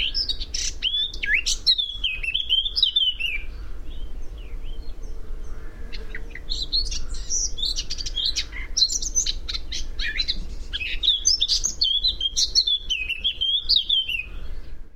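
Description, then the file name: Eurasian blackcap song, repeated fast warbling phrases mixing scratchy chatter with clear fluted notes, one burst at the start and a longer run from about six seconds on, over low rumble. "Sylvia atricapilla"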